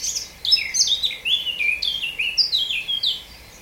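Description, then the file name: Eurasian blackcap song of clear, slurred notes dropping in pitch, delivered in a quick, steady series after a short quiet start. "Sylvia atricapilla"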